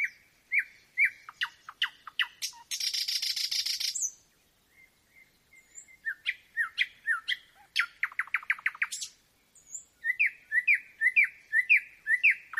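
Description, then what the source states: Nightingale song: varied phrases of short whistled notes, a harsh buzzy burst, then a fast rattling run of repeated clicks and rising whistles. Singing at night; nocturnal performance.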